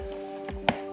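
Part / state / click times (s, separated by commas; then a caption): lower plastic trim clips into front bumper / seated / 0.5 s, 0.7 s. Lower plastic trim pieces are pushed into the front bumper of a pre-facelift Mercedes W204 while steady background music plays. Two sharp plastic clicks are heard, a softer one at 0.5 s and a louder one at 0.7 s, as the clips seat in place.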